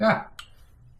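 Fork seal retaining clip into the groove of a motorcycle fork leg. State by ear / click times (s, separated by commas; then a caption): seated / 0.4 s. Someone talks briefly, then a steel fork seal retaining clip, worked around the groove in a DRZ motorcycle fork leg, snaps into place with a short, sharp click at 0.4 s. The clip is seated home in the groove.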